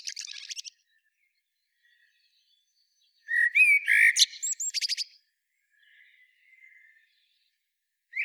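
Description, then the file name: Eurasian blackbird singing: a short burst of high squeaky twitter, a pause, then a fluted low warble that breaks into thin chattering notes, with faint soft notes between phrases. "Turdus merula"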